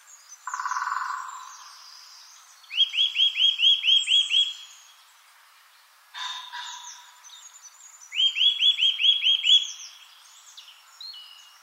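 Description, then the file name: Eurasian nuthatch: two rapid strings of about eight rising whistled notes, separated by a pause, with other birds twittering behind and a short rushing burst near the start. "Sitta europaea 110223"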